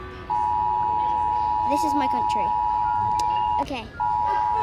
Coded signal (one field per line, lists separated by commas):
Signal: Emergency Alert System (SAME) tones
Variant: 853 and 960 Hz attention tone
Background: speech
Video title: Rating EAS alarms (sorry if there’s stuff in the background)